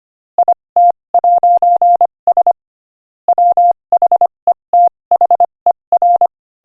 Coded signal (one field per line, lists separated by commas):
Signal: Morse code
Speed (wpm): 26 wpm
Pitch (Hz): 700 Hz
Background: none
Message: IT'S WHETHER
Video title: Morse Code Practice: 25 wpm Inspirational Quote 1